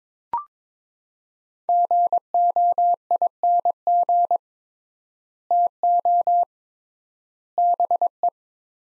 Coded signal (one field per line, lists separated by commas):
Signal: Morse code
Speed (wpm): 22 wpm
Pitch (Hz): 700 Hz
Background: none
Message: GOING TO BE